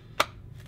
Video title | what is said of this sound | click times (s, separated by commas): The Yildiz SPZ - Best Option for £550? | nothing exotic and it's a good positive click and | 0.2 s